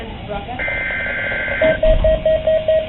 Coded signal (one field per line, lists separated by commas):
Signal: Emergency Alert System (SAME) tones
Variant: header bursts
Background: speech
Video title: Tornado Drill - EAS #27 - Recodred DURING & IN SCHOOL! - 3/30/11 1:00 PM